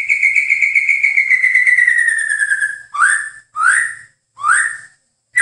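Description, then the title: Bird song, a long whistled note sliding gradually downward, followed by three separate upswept whistles with short gaps and the start of another. "KICAU BURUNG"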